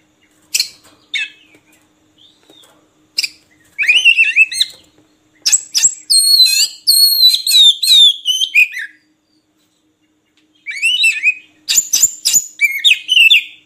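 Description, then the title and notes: Oriental magpie-robin song: isolated sharp chips at first, then long rapid runs of varied sweet whistles and slurred notes, with a pause midway. Oriental magpie-robin song made for training kept birds to sing (gacor) day and night. "Kacer Jadi Gacor Siang Malam. Isian Kacer Durasi Panjang"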